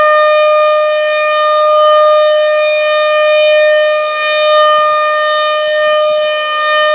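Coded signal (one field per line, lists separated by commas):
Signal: siren signal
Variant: RM-130 rotating siren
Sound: steady loud siren tone rising and falling in volume as it rotates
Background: outdoor ambience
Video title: Canon Vixia HF R700 vs Canon HF R800, Camcorder Comparison at RM-130 Siren Test, Menominee Falls, WI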